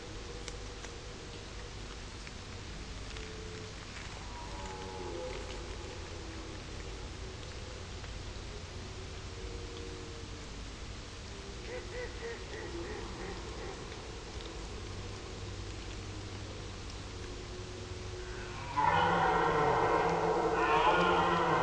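Red deer soundscape: a steady rain-like hiss with faint drawn-out calls, then a loud, sustained bellowing call bursts in near the end.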